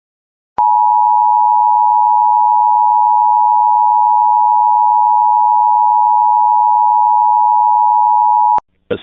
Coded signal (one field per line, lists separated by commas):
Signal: Emergency Alert System (SAME) tones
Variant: 853 and 960 Hz attention tone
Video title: EAS hazardous materials warning for stark, North Dakota (natural gas leak)